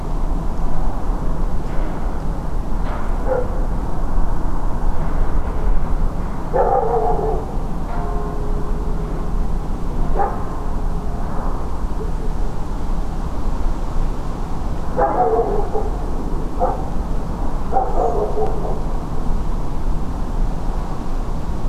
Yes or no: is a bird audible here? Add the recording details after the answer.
yes. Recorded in France